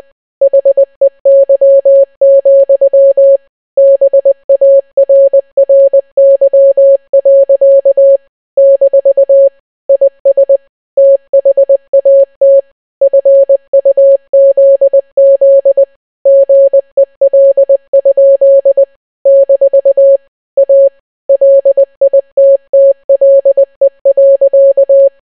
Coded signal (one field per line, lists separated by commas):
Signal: Morse code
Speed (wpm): 20 wpm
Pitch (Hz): 550 Hz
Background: none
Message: HEY, BARRY. - IS THAT FUZZ GEL? - A LITTLE.